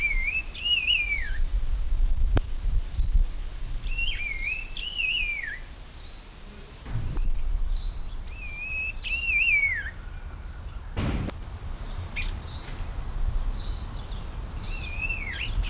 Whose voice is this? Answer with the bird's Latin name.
Liocichla omeiensis